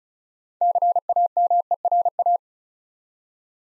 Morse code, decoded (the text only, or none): CAMERA